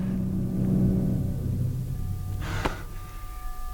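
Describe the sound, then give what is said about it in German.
A deep, steady low rumble from deep within the earth in Santiago, Chile, churns throughout, with a brief, breathy rushing swell near the end before the groaning continues. “Nur Knurren und Grollen aus der Tiefe.”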